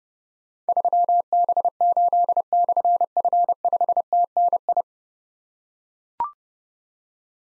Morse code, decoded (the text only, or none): 3B8/F5TNI